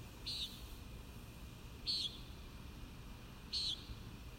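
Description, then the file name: Common nighthawk giving short buzzy nasal calls, three about every one and a half seconds, over steady low background hum. Recorded at Kissimmee on 1 May 2019. "2019-05-01 Common Nighthawk Kissimmee"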